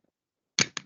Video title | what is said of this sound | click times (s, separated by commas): Lesson 12 - Variables | okay we heard those click so now we know that our um program | 0.6 s, 0.8 s